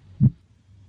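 A single strong, low thump sounds near the middle of this brief stretch, over a faint low hum, with any partner sound much softer. These are normal heart sounds: of the two sounds in each beat, one strikes louder and the other softer.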